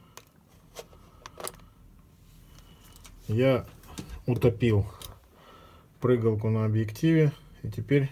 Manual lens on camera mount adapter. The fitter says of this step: штырек и повернули до щелчка я